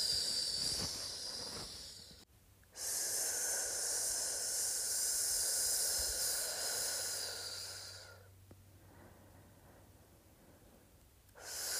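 A drawn-out "sssss" hissing sound, bright and steady, comes in long breaths. One short hiss fades out near two seconds, then after a brief gap a long loud hiss runs until about eight seconds, trailing into a softer breathy tail before another hiss begins at the end.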